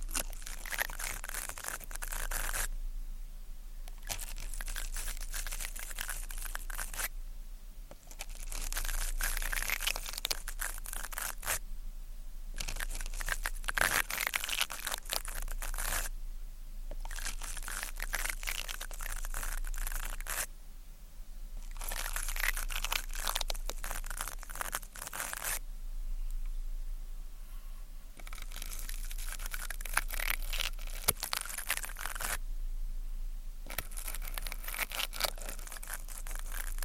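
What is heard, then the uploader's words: Ear cleaning with crinkly, crunchy scratching in bursts of several seconds, separated by brief quiet gaps, over a steady low hum throughout. Ear Cleaning, Tweezers, Sticky Sounds, Spray Bottle.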